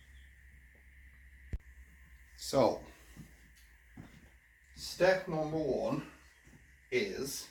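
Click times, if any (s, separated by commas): 1.5 s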